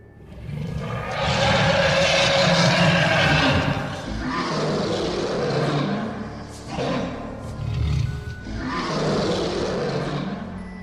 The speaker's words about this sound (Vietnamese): Từ trên thân của chị vang lên tiếng hổ gầm. Tiếng hổ gầm đùng đùng đoàng đoàng, kinh khủng vang vọng.